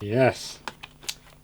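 Someone talks briefly, then a small internal ribbon cable connector is pressed into its socket on a laptop motherboard. A few faint taps follow, and the connector clicks in with a sharp click at 1.1 s, seating it.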